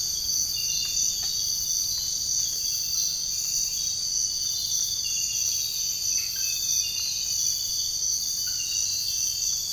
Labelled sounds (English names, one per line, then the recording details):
none
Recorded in dense forest near Puerto Asís, Putumayo, Colombia, on 21 March 2025 at 05:30
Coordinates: 0.485, -76.318
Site G056